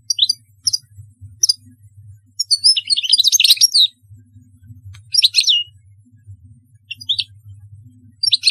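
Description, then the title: European goldfinch giving scattered tinkling notes that build into a dense twittering phrase, followed by more short bright bursts, over a low background hum. "Chant Chardonneret"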